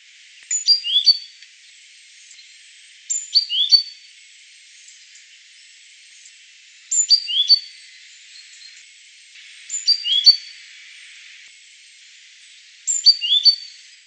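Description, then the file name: Great tit calls: short bursts of high, sharp descending notes, each burst lasting about a second and repeated every few seconds over a faint steady hiss. "Parus major"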